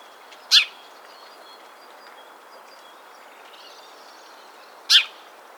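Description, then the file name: House sparrow calls: two loud, abrupt chirps about four seconds apart, with quiet hiss in between. "Passer domesticus"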